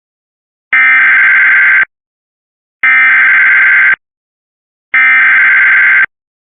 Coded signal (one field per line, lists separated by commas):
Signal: Emergency Alert System (SAME) tones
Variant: header bursts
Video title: Flash Flood Warning EAS (Cox) 8/17/2024